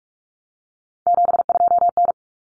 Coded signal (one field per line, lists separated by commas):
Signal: Morse code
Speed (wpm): 44 wpm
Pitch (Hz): 700 Hz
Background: none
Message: 72N